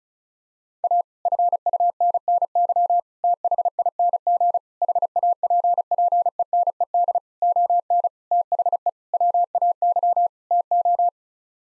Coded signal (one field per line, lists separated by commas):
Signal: Morse code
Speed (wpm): 34 wpm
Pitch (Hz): 700 Hz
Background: none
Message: A FUNNY THING HAPPENED ON THE WAY TO